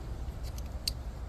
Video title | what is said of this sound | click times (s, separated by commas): Jeep Grand cherokee A/c compressor clutch replacement | it just pops right in. | 0.9 s